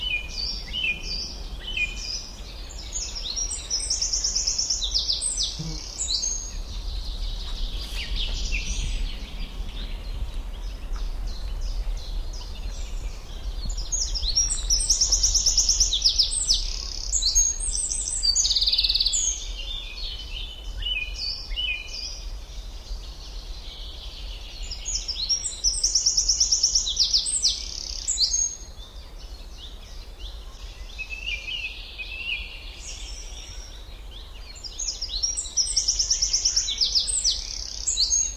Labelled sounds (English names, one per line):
Eurasian Wren song